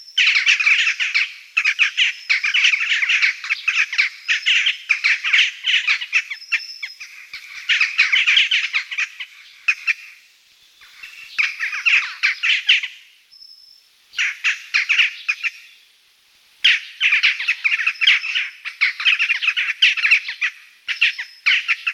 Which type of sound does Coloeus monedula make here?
song